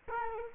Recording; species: mosquito wingbeat signal from an infrared sensor; Culex quinquefasciatus